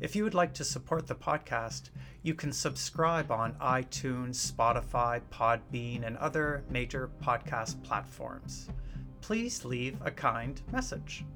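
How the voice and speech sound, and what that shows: A man speaks fluently and clearly at an even pace in a quiet room, with ordinary adult speech.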